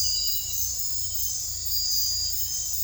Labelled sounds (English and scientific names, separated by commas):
none